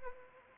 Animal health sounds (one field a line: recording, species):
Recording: mosquito wingbeat signal from an infrared sensor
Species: Anopheles arabiensis